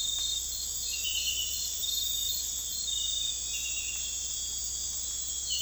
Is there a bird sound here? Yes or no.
no